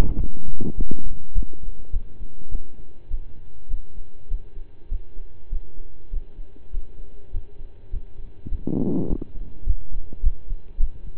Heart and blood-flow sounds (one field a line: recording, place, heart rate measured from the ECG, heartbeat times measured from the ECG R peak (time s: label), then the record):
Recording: heart sounds by stethoscope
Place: between the tricuspid and mitral areas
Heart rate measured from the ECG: 102 bpm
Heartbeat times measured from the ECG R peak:
0.17 s: heartbeat
0.75 s: heartbeat
1.33 s: heartbeat
1.91 s: heartbeat
2.49 s: heartbeat
3.08 s: heartbeat
3.68 s: heartbeat
4.28 s: heartbeat
4.88 s: heartbeat
5.49 s: heartbeat
6.10 s: heartbeat
6.71 s: heartbeat
7.31 s: heartbeat
7.90 s: heartbeat
8.48 s: heartbeat
9.06 s: heartbeat
9.64 s: heartbeat
10.20 s: heartbeat
10.77 s: heartbeat
From the record:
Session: slow and fast walking with breaks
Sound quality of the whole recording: saturated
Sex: male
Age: 25 years